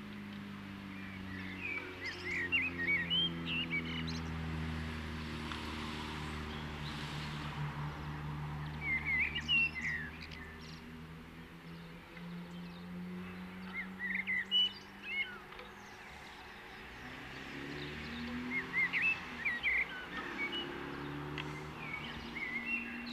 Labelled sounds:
Common Blackbird song

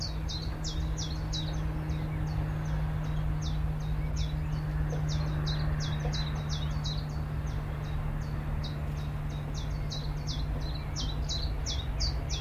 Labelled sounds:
Willow Warbler

